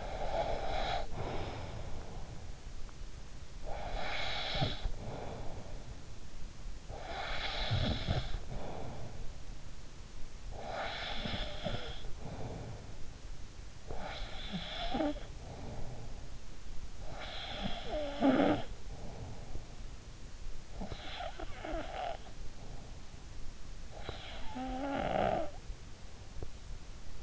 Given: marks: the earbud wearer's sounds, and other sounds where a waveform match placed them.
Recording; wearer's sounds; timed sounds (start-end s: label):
sounds in sleep by an in-ear microphone; breath, snoring breath
0.00-17.15 s: breath
17.14-27.22 s: snoring breath